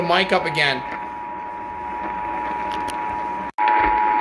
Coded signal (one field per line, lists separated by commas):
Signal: Emergency Alert System (SAME) tones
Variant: 853 and 960 Hz attention tone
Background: speech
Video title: RECORD-BREAKING NIGHT - EAS Alerts from 07/14/2021 (EAS #188-225)